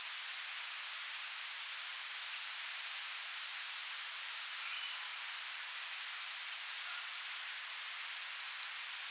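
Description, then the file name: Spotted flycatcher giving thin, very high squeaky call notes, each followed by one or two sharp ticks, repeated about every two seconds over a steady hiss. "Pigliamosche"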